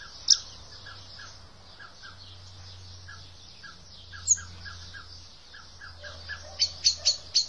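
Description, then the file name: Common blackbird giving thin, sharp high calls, one early, another midway, then a quick run of four near the end, over a steady series of soft low pips and faint hum. "Turdus merula"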